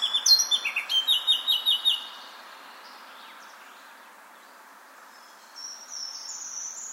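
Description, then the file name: Eurasian blackcap song opening with a rapid run of bright repeated notes for two seconds, then near silence with a soft high whistled phrase near the end. "Sylvia atricapilla"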